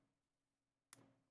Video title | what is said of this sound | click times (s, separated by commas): #NewGear Day UnBoxing of Pod Cast Studio Gear | click I heard the click ok | 0.9 s